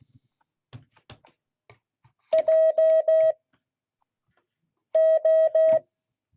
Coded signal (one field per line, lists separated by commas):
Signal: Morse code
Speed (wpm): 16 wpm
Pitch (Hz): 640 Hz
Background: none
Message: JO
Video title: Friday 2022-08-12 Morse code class